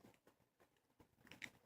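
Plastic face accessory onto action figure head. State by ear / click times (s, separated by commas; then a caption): not seated / none. A plastic face-shaped accessory is pressed and fiddled against an action figure's head, producing soft scraping and tapping contact sounds with a few sharp light ticks near 1.3 and 1.4 seconds. The piece does not attach, and nothing has clicked into place.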